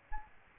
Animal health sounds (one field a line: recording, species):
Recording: mosquito wingbeat signal from an infrared sensor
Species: Aedes albopictus